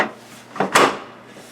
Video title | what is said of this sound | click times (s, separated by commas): Cleaning the Cartridge Filter | it on top and turn it clockwise until it locks into place | 0.6 s, 0.8 s